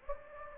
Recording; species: mosquito wingbeat signal from an infrared sensor; Anopheles gambiae